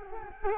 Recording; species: mosquito wingbeat signal from an infrared sensor; Culex quinquefasciatus